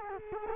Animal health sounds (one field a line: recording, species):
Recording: mosquito wingbeat signal from an infrared sensor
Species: Culex quinquefasciatus